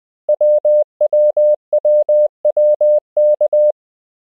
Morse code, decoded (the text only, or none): WWWWK